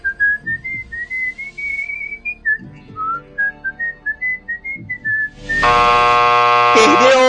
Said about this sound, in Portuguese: Você tem 15 segundos para assobiar o hino nacional.